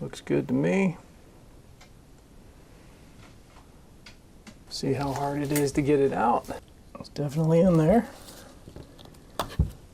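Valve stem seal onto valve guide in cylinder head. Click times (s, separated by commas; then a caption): 9.4 s. A new rubber valve stem oil seal is pressed over the valve stem onto the valve guide in a cylinder head while someone talks. Quiet handling taps come before a sharp click at 9.4 s as the seal seats on the guide.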